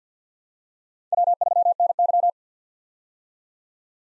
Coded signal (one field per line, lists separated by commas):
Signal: Morse code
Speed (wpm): 48 wpm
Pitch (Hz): 700 Hz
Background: none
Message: W3NY